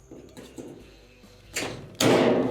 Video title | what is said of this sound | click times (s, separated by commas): GE Washer Repair - Will Not Completely Spin Out - Pressure Switch | your front will pop | 2.0 s